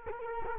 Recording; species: mosquito wingbeat signal from an infrared sensor; Culex quinquefasciatus